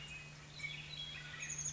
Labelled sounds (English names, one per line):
Chestnut-backed Chickadee